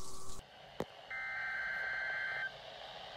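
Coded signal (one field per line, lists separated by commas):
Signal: Emergency Alert System (SAME) tones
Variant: header bursts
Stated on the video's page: NOAA Weather Radio weekly test from the Seattle area, received live on weather radios.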